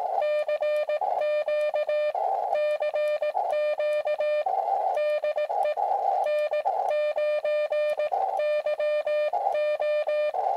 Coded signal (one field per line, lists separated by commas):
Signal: Morse code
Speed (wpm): 18 wpm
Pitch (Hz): 600 Hz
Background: music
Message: CQ CQ DE N9YO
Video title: New Years Eve ICE COLD QRP | KuriosDealz Long Wire Antenna